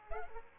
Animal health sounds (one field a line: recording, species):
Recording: mosquito wingbeat signal from an infrared sensor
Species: Aedes aegypti